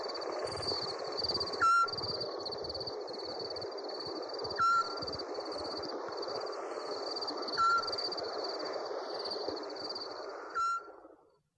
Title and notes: Sovy - Eulen - Owls. 69 variant hlasů - 11 druhů sov